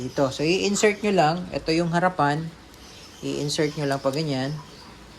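A pellet magazine for a Crosman Ultra 177 break-barrel air rifle is being handled, front first, at the rifle's breech slot while someone talks throughout. Nothing has seated or clicked yet by the end of the clip.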